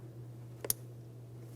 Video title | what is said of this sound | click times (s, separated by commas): How to replace Upstream O2 Oxygen Sensor 2003-2008 Toyota Matrix 1.8L L4 | Now, after that audible click, we'll give it a tug to make sure it's secured in place. | 0.7 s